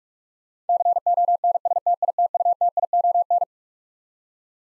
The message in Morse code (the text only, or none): CONSTITUTION